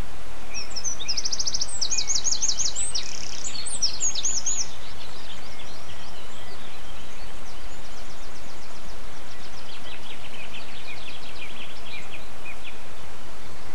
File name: MZ-N 710 Chants d oiseaux 11 04 07